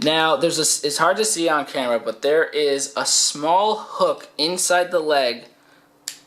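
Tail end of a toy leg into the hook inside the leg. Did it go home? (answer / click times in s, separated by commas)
yes / 6.1 s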